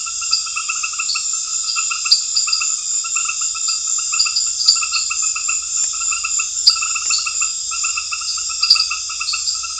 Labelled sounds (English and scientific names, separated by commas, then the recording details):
none
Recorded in pastures near Puerto Asís, Putumayo, Colombia, on 28 February 2025 at 20:00
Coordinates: 0.502, -76.324
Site GP07